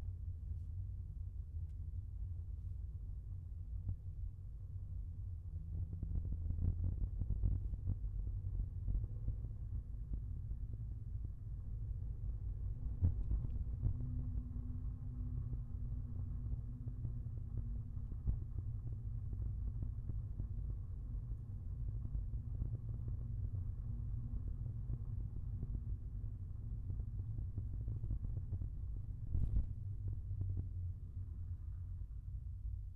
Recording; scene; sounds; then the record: everyday scene through a hearing-aid microphone; in a vehicle; engine, rumble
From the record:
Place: Skoda Fabia, gasoline engine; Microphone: behind the ear, left, front